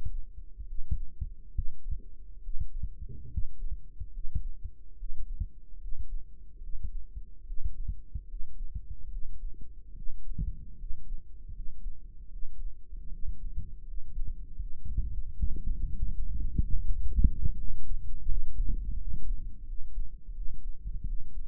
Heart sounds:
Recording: heart sounds by microphone in the right ear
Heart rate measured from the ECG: 76 bpm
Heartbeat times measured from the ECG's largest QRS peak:
0.61 s: heartbeat
1.49 s: heartbeat
2.37 s: heartbeat
3.25 s: heartbeat
4.07 s: heartbeat
4.93 s: heartbeat
5.75 s: heartbeat
6.56 s: heartbeat
7.41 s: heartbeat
8.23 s: heartbeat
9.06 s: heartbeat
9.90 s: heartbeat
10.73 s: heartbeat
11.49 s: heartbeat
12.26 s: heartbeat
13.06 s: heartbeat
13.81 s: heartbeat
14.54 s: heartbeat
15.31 s: heartbeat
16.06 s: heartbeat
16.79 s: heartbeat
17.51 s: heartbeat
18.23 s: heartbeat
18.94 s: heartbeat
19.62 s: heartbeat
20.30 s: heartbeat
21.02 s: heartbeat
From the record:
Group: healthy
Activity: rest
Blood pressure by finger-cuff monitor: 95/76 mmHg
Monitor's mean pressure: 81 mmHg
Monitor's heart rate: 72 bpm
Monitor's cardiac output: 4.8 L/min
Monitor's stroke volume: 67 mL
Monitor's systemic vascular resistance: 1190 dyn s/cm5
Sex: male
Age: 20 years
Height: 187 cm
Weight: 68.9 kg

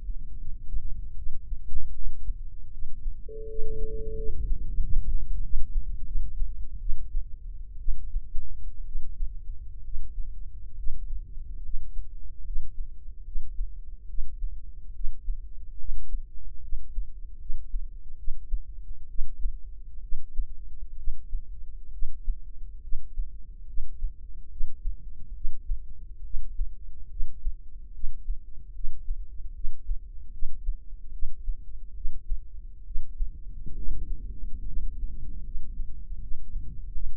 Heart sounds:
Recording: heart sounds by microphone in the left ear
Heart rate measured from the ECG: 72 bpm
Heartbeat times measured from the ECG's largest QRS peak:
0.37 s: heartbeat
1.16 s: heartbeat
1.93 s: heartbeat
2.70 s: heartbeat
3.47 s: heartbeat
4.15 s: heartbeat
4.79 s: heartbeat
5.41 s: heartbeat
6.04 s: heartbeat
6.79 s: heartbeat
7.78 s: heartbeat
8.85 s: heartbeat
9.82 s: heartbeat
10.75 s: heartbeat
11.61 s: heartbeat
12.43 s: heartbeat
13.23 s: heartbeat
14.06 s: heartbeat
14.92 s: heartbeat
15.77 s: heartbeat
16.60 s: heartbeat
17.37 s: heartbeat
18.15 s: heartbeat
19.07 s: heartbeat
20.00 s: heartbeat
20.95 s: heartbeat
21.90 s: heartbeat
22.80 s: heartbeat
23.65 s: heartbeat
24.48 s: heartbeat
25.33 s: heartbeat
26.22 s: heartbeat
27.08 s: heartbeat
27.91 s: heartbeat
28.72 s: heartbeat
29.52 s: heartbeat
30.30 s: heartbeat
31.11 s: heartbeat
31.93 s: heartbeat
32.83 s: heartbeat
33.74 s: heartbeat
34.64 s: heartbeat
35.42 s: heartbeat
36.18 s: heartbeat
36.91 s: heartbeat
From the record:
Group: healthy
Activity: rest 0-3 s, breath hold 3-33 s, rest 33-37 s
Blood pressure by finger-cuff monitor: 101/65 mmHg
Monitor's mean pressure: 79 mmHg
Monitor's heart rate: 74 bpm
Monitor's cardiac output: 6.5 L/min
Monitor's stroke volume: 90 mL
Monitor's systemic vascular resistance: 830 dyn s/cm5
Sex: female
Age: 22 years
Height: 157 cm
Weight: 47.6 kg

